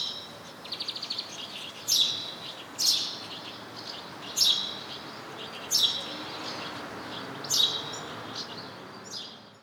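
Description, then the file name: House sparrow chirping, a quick rattling run of short notes at first, then single bright chirps repeated every one to two seconds over a steady background hiss. "Passer domesticus"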